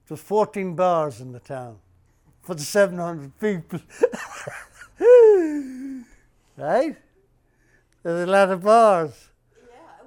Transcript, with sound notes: were fourteen bars in the town for the seven hundred people. [Laughs] Right? There were a lot of bars.
Yeah.